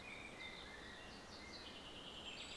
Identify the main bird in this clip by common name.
Common Chaffinch